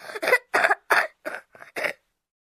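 A quick run of about six to seven short, forceful coughs over two seconds, with noisy, slightly rattly bursts. A productive, wet cough in a child, with phlegm being moved in the airways.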